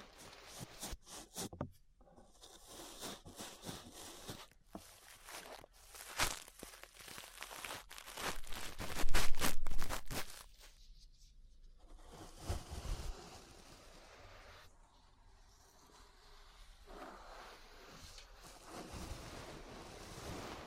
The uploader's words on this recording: ASMR Relaxing 3Dio Ear Brushing (No Talking).